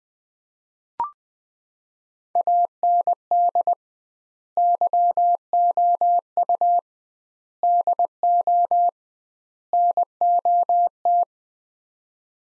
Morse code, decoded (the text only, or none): AND YOU DO NOT